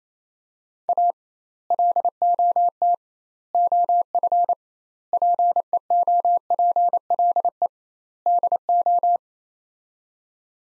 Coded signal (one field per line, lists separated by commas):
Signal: Morse code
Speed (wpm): 27 wpm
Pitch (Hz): 700 Hz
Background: none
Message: A LOT OF PEOPLE DO